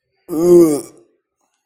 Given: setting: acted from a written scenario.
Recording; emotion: vocal sound without words; disgust